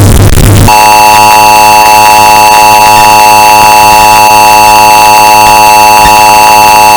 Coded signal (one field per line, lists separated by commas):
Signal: Emergency Alert System (SAME) tones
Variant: 853 and 960 Hz attention tone